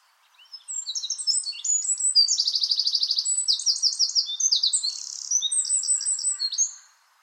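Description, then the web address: Bird song made of high, varied chirps leading into a rapid rattling trill, then more sliding whistled notes, running about six seconds without a break. "Bird Only"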